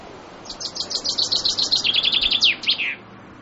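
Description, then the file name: Common chaffinch song: a fast, high trill of repeated notes that steps down in pitch and ends in a brief downslurred flourish, about two and a half seconds long. "fringuello"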